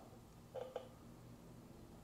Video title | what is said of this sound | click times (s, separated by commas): Venom Ss3 KP mini 150 Carburetor upgrade to Nibbi 26mm complete process | Oop, that didn't snap all the way on. | 0.8 s